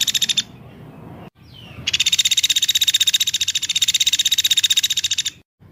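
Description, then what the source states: Streaked spiderhunter song: a brief burst of buzzy, rapidly repeated notes, a pause, then one long unbroken train of the same notes lasting over three seconds. Lively, clear, long song, used to train other birds.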